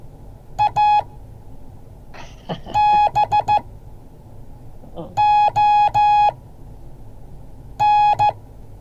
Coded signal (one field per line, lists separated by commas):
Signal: Morse code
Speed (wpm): 14 wpm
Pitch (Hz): 840 Hz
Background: none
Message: ABON